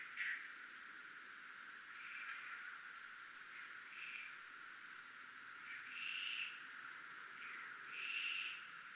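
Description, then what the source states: Cricket giving a steady high, pulsing trill throughout, with several short, lower raspy bursts over it. Recorded in a military zone.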